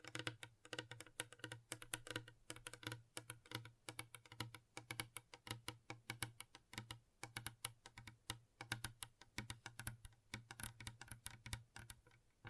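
Gentle tapping runs throughout, a dense stream of quick, sharp clicks with an irregular, typing-like rhythm, several per second. Each tap is crisp and bright, and a steady low hum sits underneath the whole time.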